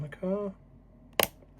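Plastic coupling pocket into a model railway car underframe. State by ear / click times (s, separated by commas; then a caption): seated / 1.2 s. A small plastic coupling pocket is pressed back onto the underside of a Kato 10-1727 SL Hitoyoshi model railway car and snaps into its mounting. Someone talks briefly, then after a short quiet pause a sharp click is heard at 1.2 seconds, followed by a few faint ticks. The coupling pocket is seated in place.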